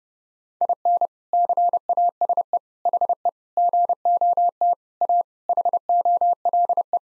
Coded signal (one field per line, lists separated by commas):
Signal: Morse code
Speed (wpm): 30 wpm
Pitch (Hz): 700 Hz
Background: none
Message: IN CASE HE GOT A HOLE